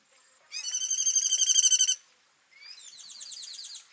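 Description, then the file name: Tinkling cisticola: a loud run of quick buzzy repeated notes, then a softer similar rattling burst after a short pause. Call, at Kawelwa, Zambia, on 12 December 2021. "Tinkling-Cisticola-call-ZM-Kawelwa-211212"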